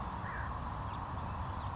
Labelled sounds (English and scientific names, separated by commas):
California Towhee (Melozone crissalis)